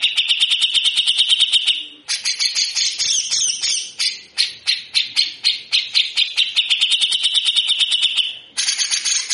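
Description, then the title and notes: Grey-cheeked bulbul harsh rattle: rapid, rough notes in long sequences, pausing twice, with a scratchy, more jumbled passage midway. Actively singing (gacor) cucak jenggot giving rough, rasping 'besetan kasar' song, used as a master for training birds. "MASTERAN CUCAK JENGGOT GACOR FULL BESETAN KASAR DURASI PANJANG. MASTERAN CUCAK JENGGOT GACOR BESETAN KASAR DURASI RAPAT. Burung cucak jenggot"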